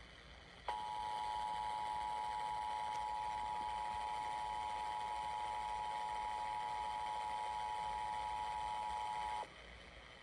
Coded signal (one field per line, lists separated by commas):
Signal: Emergency Alert System (SAME) tones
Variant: 853 and 960 Hz attention tone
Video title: EAS: Massachusetts Monthly Test on WPLM-FM and Comcast (7/8/2025)